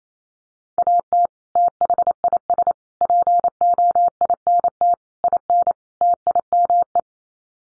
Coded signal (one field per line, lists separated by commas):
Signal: Morse code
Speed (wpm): 28 wpm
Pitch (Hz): 700 Hz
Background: none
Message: AT THIS POINT IN TIME